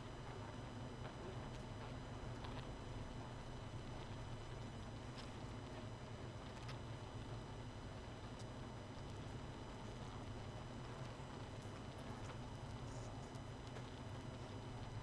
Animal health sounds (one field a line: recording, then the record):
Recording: honeybee colony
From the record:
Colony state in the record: missing queen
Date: 31 May 2018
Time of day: 23:27